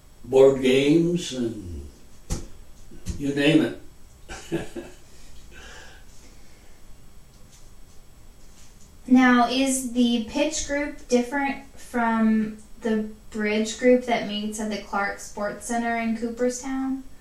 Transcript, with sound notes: board games and you name it. [Laughter]
Is the pitch group different from the bridge group that meets at the Clark Sports Center in town?